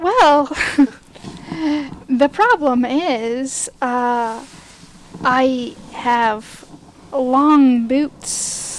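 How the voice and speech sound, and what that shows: An adult woman with aphasia after a stroke speaks one short sentence in slow, halting bursts, with long pauses between words and drawn-out vowels and consonants. This effortful, broken-up speech fits aphasia, where finding and producing words is difficult.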